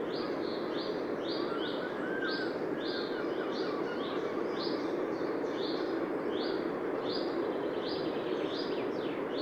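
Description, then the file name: Eurasian wren: evenly spaced high notes repeating about every half second, above a constant low background roar. "Troglodytes troglodytes"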